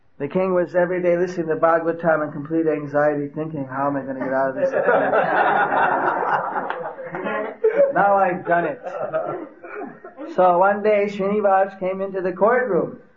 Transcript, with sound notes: the King was everyday listening to the Bhagavatam and complete anxiety, was thinking how am I going to get out of this, (every one laughing) now I have done it. So one day Srinivas came into the courtroom